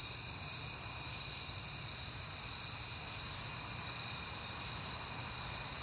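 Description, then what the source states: Steady cricket trill with a higher chirp recurring regularly above it. At night, on a peaceful September night.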